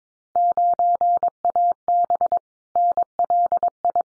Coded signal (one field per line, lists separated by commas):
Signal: Morse code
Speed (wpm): 22 wpm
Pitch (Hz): 700 Hz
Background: none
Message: 9AB NLI